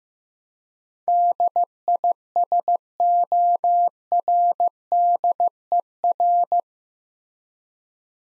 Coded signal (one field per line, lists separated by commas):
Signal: Morse code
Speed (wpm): 15 wpm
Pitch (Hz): 700 Hz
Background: none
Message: DISORDER